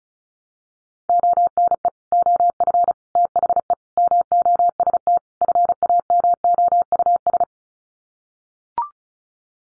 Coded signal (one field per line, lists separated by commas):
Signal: Morse code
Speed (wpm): 34 wpm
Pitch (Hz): 700 Hz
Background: none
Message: ONE OF THE MOST FAMOUS